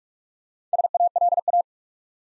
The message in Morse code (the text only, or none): SALA